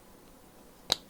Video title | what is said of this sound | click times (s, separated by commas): LEGO F1 McLaren 2022 Full Build Part 4 (Bags #4) Finished | Like so. And it just snap right in. | 0.9 s